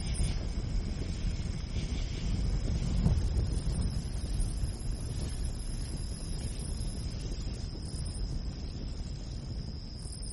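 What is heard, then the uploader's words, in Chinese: Wind rushes steadily through a pine forest near a tent, a dense low roar with a brief stronger gust around three seconds and a thin high whine. 松林里搭帐篷听风。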